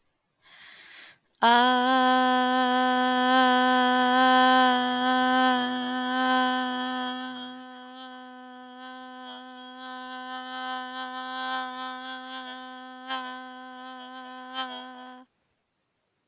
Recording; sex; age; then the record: vowel held as long as possible; female; 30 to 39 years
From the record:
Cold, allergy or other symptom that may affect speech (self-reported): no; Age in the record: 32 years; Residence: Massachusetts, United States